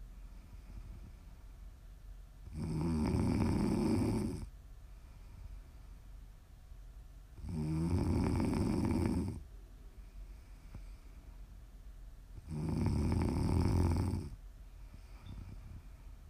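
Loud, low rasping snores arrive about every five seconds, each lasting two seconds, separated by quiet pauses with a faint background hum.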